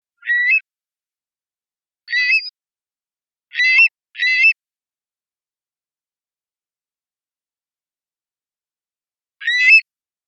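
Long-billed curlew calling: five short whistled notes with a stepped upward rise, two close together near the middle, then a long pause before the last; otherwise quiet.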